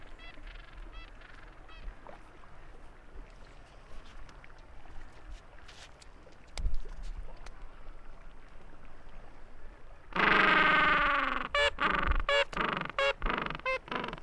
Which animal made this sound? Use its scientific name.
Pygoscelis papua